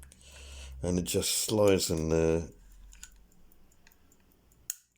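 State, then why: Seated. Someone talks while a metal locking piece of an antique clock bag is slid into its keyway in the lock housing, with faint scraping and small ticks as it moves. A sharp, loud click at 4.7 s marks the piece locking into place.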